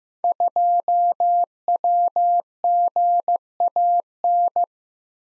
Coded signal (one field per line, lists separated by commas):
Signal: Morse code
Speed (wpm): 15 wpm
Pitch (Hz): 700 Hz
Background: none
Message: 2WGAN